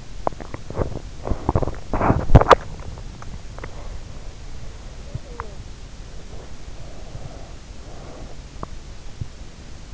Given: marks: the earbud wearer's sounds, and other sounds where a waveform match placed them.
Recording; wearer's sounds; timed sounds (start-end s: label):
sounds in sleep by an in-ear microphone; teeth grinding, breath
0.00-4.09 s: teeth grinding
4.90-5.61 s: teeth grinding
6.25-8.39 s: breath
8.53-9.42 s: teeth grinding